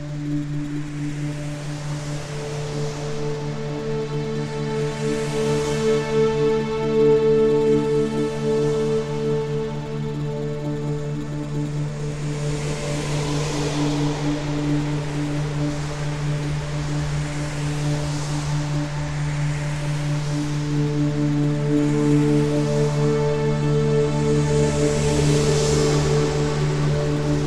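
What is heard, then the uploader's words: A spacecraft departs a planet and draws near an orbiting GSV, carried on a steady, layered drone of sustained low and middle tones that ring like a singing bowl. Soft airy swells rise and fade every few seconds, around 6, 15 and 25 seconds. The sound of leaving a planet and meeting an orbiting GSV.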